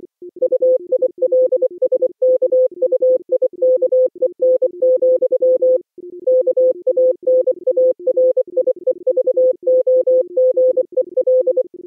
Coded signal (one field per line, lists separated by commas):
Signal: Morse code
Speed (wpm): 24 wpm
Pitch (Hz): 510 Hz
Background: music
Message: UILSKUIKEN, KANARIEVOGEL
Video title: Daily Minutes, November 23, 2015, with low level Contestia data.